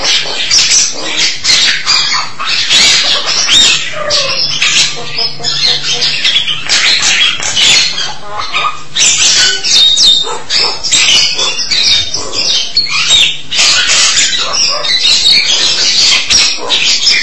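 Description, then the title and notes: Starling song, a long stream of rasping chatter, clicks and squeaky notes that barely pauses, over a steady low hum. "suara burung jalak"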